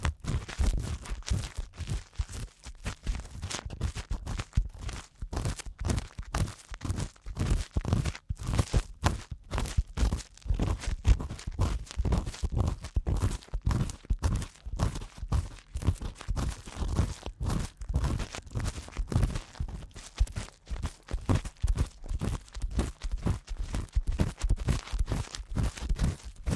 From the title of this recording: ASMR Ear Cleaning (No Talking)